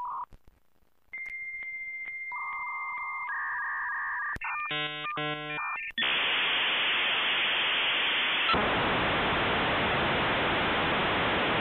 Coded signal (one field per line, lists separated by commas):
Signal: dial-up modem handshake